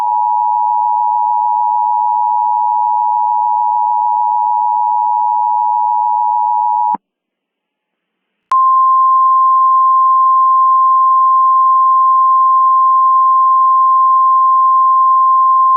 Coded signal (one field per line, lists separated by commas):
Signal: Emergency Alert System (SAME) tones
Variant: 853 and 960 Hz attention tone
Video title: EAS Mock Scenario: Green Blob Invasion